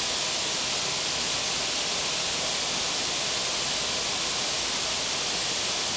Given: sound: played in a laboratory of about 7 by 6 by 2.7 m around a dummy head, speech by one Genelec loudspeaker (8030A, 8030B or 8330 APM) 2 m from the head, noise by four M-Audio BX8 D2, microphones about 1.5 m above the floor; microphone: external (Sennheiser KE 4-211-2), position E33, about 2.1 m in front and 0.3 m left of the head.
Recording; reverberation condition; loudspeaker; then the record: white noise; high; four, about 170 cm from the corners of the room and facing them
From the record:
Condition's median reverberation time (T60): about 1300 ms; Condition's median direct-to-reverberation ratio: about -4.0 dB